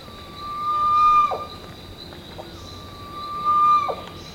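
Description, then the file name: Bird call: long level whistled notes, each ending in a short dropping note, given twice, with a steady hum underneath. "SABIOD 50 bird 2015"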